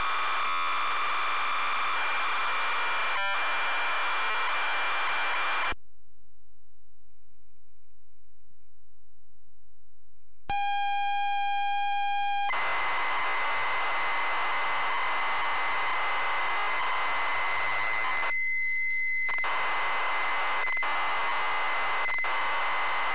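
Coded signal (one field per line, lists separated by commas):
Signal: ZX Spectrum tape loading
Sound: hiss, a silent gap, a two-second buzzy lead tone, then harsh rasping data noise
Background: tape hiss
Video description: ZX Spectrum load up and quick game play of Shinobi loaded up using a zx spectrum +3 with a wh smith cpd8300 cassette player.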